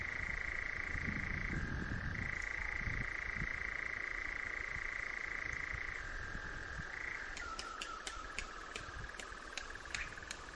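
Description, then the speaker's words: European nightjar churring, with a brief break, then several sharp wing claps over a lower, softer churr. Listener recording, Northumberland in June; includes the wing claps, described as a strange clapping sound, like switching off their engines. "He writes he was lucky enough to record a nightjar, including its wing claps, in Northumberland"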